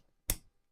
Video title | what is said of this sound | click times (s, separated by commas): NEW-Vi Fishing Umbrella Hat Folding Adjustable Sun Rain Cap, 37.4”Oversize Hands Free Umbrellas, | and then it locks in place. | 0.3 s